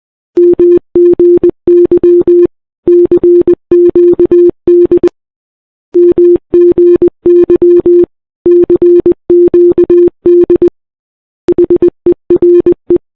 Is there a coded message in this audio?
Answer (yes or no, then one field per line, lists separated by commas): yes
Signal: Morse code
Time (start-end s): 0.4-13.0 s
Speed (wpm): 20 wpm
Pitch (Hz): 350 Hz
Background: none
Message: MGY CQD MGY CQD HERE